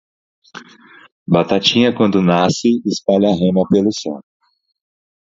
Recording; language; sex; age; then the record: short text; Brazilian Portuguese; male; 30 to 39 years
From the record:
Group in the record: control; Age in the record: 34 years